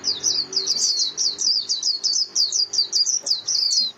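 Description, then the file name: White-eye giving a fast, continuous stream of high, thin, wavering chirps over a faint low hum. Lure call used for trapping white-eyes, known as mồi. "Tieng khuyen moi"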